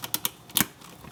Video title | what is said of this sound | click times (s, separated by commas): NECA TMNT3 DONATELLO & RAPHAEL figures review | and it just snaps right over the knot it's pretty easy actually and I love that you can hear the little click the little snap | 0.6 s